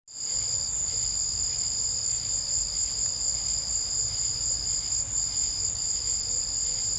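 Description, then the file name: Cricket chorus of continuous shrill trilling at steady high pitches, over soft low background noise. Crickets on a southern summer evening. "Southern Summer Evening Ambience With Crickets"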